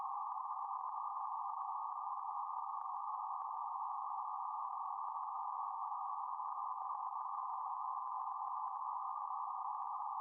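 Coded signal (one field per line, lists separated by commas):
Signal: PSK31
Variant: BPSK31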